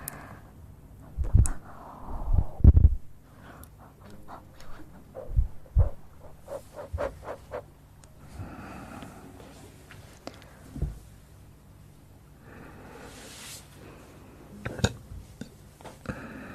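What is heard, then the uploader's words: Mouth sounds of sharp pops and smacks, loudest near 1, 3, 6, 11 and 15 seconds, with breathy hisses and soft wet clicks between. Sounds close to the mouth!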